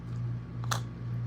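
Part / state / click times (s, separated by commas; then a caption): filter into storage container / seated / 0.7 s. A filter is fitted onto a storage container that pink, confetti-flecked material is then poured into. A faint hit at 0.6 s is followed by a sharper, brighter click at 0.7 s over a steady low hum, and the filter seats into the container.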